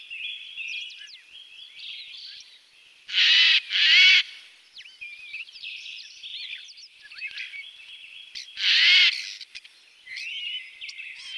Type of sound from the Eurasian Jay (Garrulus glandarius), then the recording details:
song. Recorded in the wild. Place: Oberrotweil am Kaiserstuhl, Baden-Württemberg, DE. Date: 1985-03-30. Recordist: Schwarz, Dieter